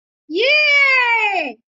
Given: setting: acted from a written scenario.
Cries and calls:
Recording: vocal sound without words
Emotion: triumph

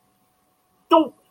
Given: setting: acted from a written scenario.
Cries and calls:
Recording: vocal sound without words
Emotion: embarrassment

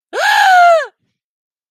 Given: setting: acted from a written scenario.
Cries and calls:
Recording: vocal sound without words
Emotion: fear

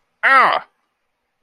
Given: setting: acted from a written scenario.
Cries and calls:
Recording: vocal sound without words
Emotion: pain

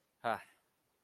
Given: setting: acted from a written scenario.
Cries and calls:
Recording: vocal sound without words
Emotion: neutral

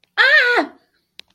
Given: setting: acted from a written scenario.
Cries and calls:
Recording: vocal sound without words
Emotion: fear

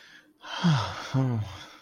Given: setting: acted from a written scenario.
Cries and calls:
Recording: vocal sound without words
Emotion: serenity

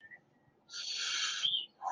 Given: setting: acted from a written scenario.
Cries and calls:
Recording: vocal sound without words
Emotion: fear

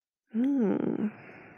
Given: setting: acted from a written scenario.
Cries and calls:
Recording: vocal sound without words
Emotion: pride

